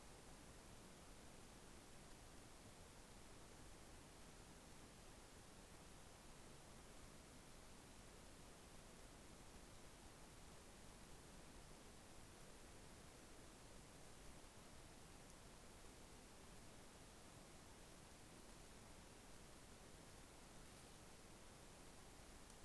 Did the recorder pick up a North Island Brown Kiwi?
no